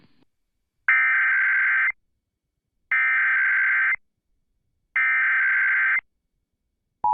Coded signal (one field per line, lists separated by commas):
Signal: Emergency Alert System (SAME) tones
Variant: header bursts